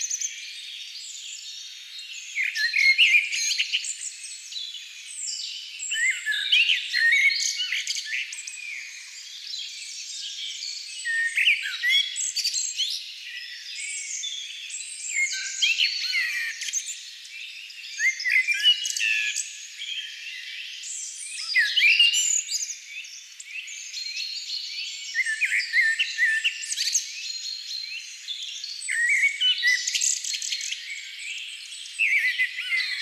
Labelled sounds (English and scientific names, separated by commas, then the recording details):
Common Blackbird (Turdus merula) song
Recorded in the wild
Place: Waltershofen / Freiburg im Breisgau, Baden-Württemberg, DE
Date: 1996-04-07
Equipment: Dat-Recorder Casio DA 7, Telinga DAT, Telinga-Parabolspiegel
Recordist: Schwarz, Dieter